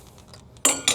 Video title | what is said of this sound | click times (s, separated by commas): Ferrari almost caught fire!? Why Every 360 Owner Needs To Check This NOW | And you heard that click, that means it's in. | 0.6 s